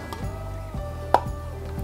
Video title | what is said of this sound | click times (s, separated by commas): Montez la Mercedes Benz 300 SL 1/8 Full Kit étape 16 @IXOCOLLECTIONS étape 61/64 | ensuite on vient clipser le bas | 1.1 s